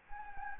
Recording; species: mosquito wingbeat signal from an infrared sensor; Anopheles gambiae